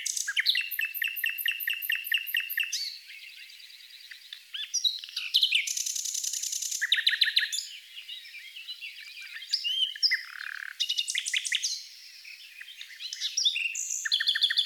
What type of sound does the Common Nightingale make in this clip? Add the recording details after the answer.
song. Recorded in the wild. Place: St. Laurent des Arbres und Umgebung, FR. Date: 2008-05-15. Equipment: MiniDisc Sharp MT 20 H. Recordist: Schwarz, Dieter. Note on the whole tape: Song